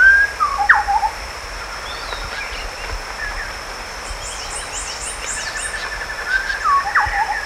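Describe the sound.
Bird calls: a few short down-slurred notes near the start and end, with high thin chirps in the middle, over a steady high whine and background hiss.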